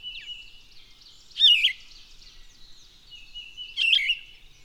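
Bird song: two loud, quick whistled phrases roughly two and a half seconds apart, over a busy backdrop of high chirping.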